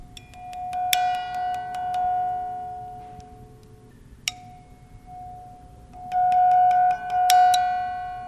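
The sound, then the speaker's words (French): A tuning fork is struck several times, each strike ringing out a steady pure note while a bell hums along on the same pitch, the shimmering tone swelling and fading between taps. “Là, vous avez entendu que juste en faisant résonner le diapason, la cloche aussi donne la note.”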